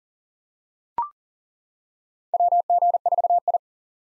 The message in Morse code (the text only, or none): WG4I